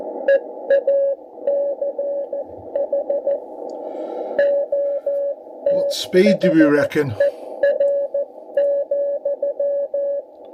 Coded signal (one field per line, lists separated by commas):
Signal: Morse code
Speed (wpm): 14 wpm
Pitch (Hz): 560 Hz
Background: speech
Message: EACH OTHER,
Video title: 3.500 - 3.800 (80mtrs) SSB & CW